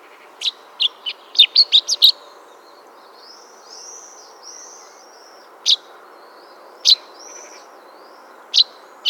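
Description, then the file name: Common chaffinch calls: a quick burst of short, sharp high chirps, then single chirps spaced a second or more apart, with soft arched whistles between them. "Fringilla coelebs"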